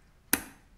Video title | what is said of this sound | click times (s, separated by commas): Unboxing & first test Snoppa M1 - Motorized Gimball | make sure it clicks | 0.3 s